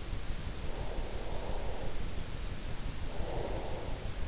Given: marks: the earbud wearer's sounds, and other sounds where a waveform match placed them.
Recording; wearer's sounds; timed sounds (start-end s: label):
sounds in sleep by an in-ear microphone; breath
0.56-4.27 s: breath